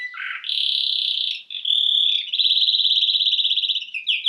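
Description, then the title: Domestic canary song with a low buzzy start, then sustained high trills, a steady whistled note, and a long fast pulsed roll. Belgian canary male singing a lot; used for training to warm up young birds. "Canary Training Esquente Seu Filhote E Canario Belga Macho Cantando Muito"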